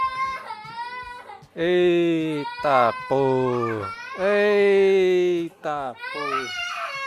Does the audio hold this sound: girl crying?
yes